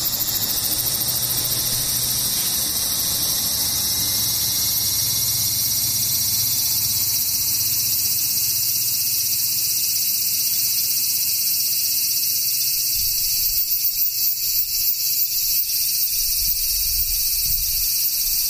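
Cicadas drone in a dense, shrill wall of sound that holds steady for the whole clip, very high. After about thirteen seconds the buzz begins to pulse and flutter, and a few dull low thumps sit faintly underneath.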